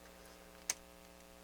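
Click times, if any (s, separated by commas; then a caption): 0.7 s. While a Pioneer CT-8R cassette deck is being reassembled after pinched wires were freed, an internal part (possibly a connector or board) that was not seated properly is pushed home. A single sharp, brief click at 0.7 s stands out over a steady low hum, and the part is now seated.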